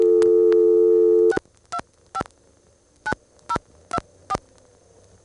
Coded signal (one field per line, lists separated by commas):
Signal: DTMF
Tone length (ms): 60 ms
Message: 625 9024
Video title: ITT Pentaconta Crossbar Switch in Asheboro NC 1st pgm, March 1977